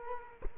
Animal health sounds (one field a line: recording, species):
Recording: mosquito wingbeat signal from an infrared sensor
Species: Culex quinquefasciatus